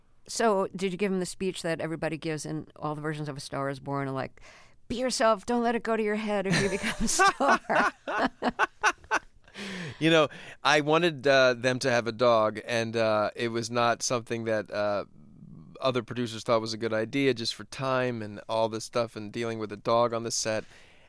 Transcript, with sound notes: So did you give him the speech that everybody gives in all the versions of "A Star Is Born" and, like, be yourself; don't let it go to your head when you become a star?
(LAUGHTER)
You know, I wanted them to have a dog. And it was not something that other producers thought was a good idea just for time and all this stuff and dealing with a dog on the set.